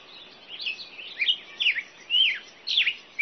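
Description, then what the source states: Birds giving a short burst of high chirps and slurred whistled notes, some rising and some falling, over faint background hiss. Birds at dawn.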